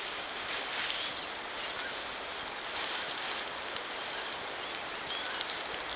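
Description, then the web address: Yellow-throated tanager uttering a series of thin, high-pitched, downward-sliding notes in loose clusters, a louder note around one second and another near five seconds. Ecuador. "Natures Songs S America Birds of Ecuador. Yellow-Throated Tanager"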